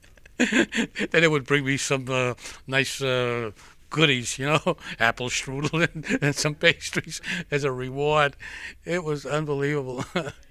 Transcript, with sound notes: Then they would bring me some nice goodies, you know. Apple strudel and some pastries as a reward. (he laughs) It was unbelievable.